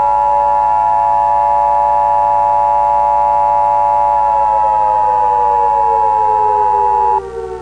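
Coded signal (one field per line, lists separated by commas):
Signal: Emergency Alert System (SAME) tones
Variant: 853 and 960 Hz attention tone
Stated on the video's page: EAS tones inside a Scratch game project themed on Half-Life, described as valid EAS tones.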